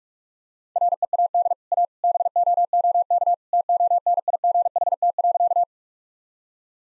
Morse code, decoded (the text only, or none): READ A BOOK TONIGHT.